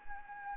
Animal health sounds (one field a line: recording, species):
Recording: mosquito wingbeat signal from an infrared sensor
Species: Anopheles gambiae